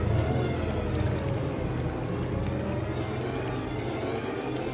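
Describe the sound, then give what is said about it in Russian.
The engines of the submarine Nautilus run at full power: a steady, heavy engine drone with a deep low-pitched rumble and throbbing hum, loud and constant throughout with no pauses. “Машины работают на полную мощность, я из них выжимаю все.”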